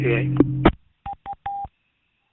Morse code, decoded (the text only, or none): none